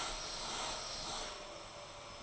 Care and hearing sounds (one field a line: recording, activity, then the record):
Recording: daily activity, microphone in the room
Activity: vacuum cleaning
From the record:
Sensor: 5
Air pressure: 999.4 hPa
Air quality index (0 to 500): 226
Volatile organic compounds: 23 ppm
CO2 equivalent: 2768 ppm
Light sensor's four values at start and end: 34/79/31/30 and 34/79/31/30